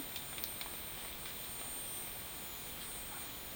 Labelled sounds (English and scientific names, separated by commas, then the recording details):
none
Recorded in dense forest near Puerto Asís, Putumayo, Colombia, on 21 February 2024 at 11:00
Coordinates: 0.502, -76.324
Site G6370